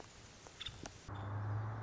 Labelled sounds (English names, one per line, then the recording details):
Nuttall's Woodpecker
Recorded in Sonoma County, California